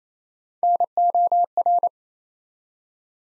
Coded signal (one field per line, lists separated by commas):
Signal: Morse code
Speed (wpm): 28 wpm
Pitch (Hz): 700 Hz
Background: none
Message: NOR